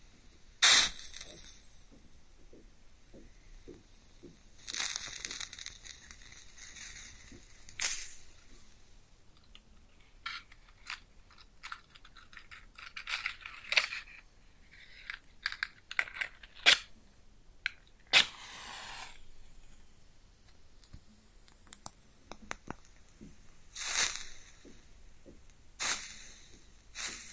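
A match is struck and flares, with sharp bright bursts near the start, around five and eight seconds, and again after twenty-three seconds. Between them come scattered crackles and small sizzling pops over a quiet background, some briefer clicks, and a longer hiss around eighteen seconds.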